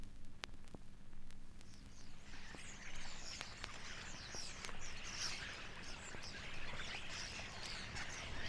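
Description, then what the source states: Common starling chatter rises after a quiet start: a busy stream of squeaks and whistles over a low, constant hum and scattered clicks. A flock of starlings.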